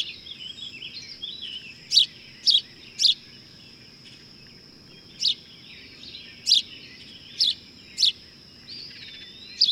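Bird song opening with soft warbled twitters, then loud sharp chirps in short bursts with pauses, over a continuous thin high hum.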